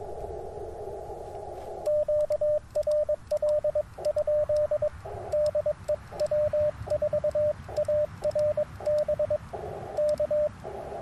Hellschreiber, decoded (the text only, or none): none